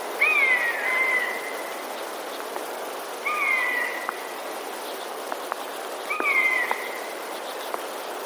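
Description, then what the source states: Eurasian jay mewing three times, each call a drawn-out whistle sliding downward, with a few faint clicks between them. Warning call to house sparrows, recorded 26 February 2023.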